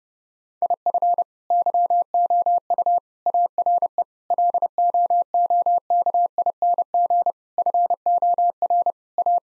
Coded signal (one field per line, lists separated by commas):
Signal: Morse code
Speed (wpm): 30 wpm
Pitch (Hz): 700 Hz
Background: none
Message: IF YOU ARE LOOKING FOR A